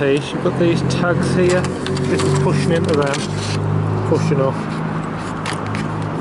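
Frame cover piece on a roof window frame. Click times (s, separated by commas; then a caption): 5.8 s. A cover piece with tags is pushed onto the frame of a centre-pivot roof window while someone talks over a steady low hum. The tags clip in with a sharp click at 5.8 s, seating the cover on the frame.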